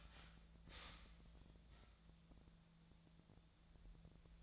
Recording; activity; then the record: daily activity, microphone in the room; start toaster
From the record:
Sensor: 3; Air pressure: 1000.2 hPa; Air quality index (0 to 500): 153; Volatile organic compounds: 3 ppm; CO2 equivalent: 1352 ppm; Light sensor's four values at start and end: 38/97/41/44 and 38/96/40/44